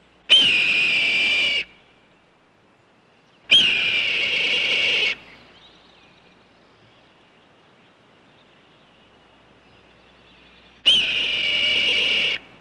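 Hawk screaming: three harsh, hoarse screeches, each over a second long, with long silent gaps between them.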